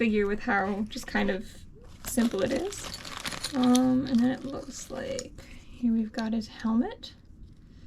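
A plastic diving helmet for a vintage Playmobil toy diver figure is being handled as someone talks, with soft crinkling and handling noises underneath. Nothing has seated or clicked onto the figure yet.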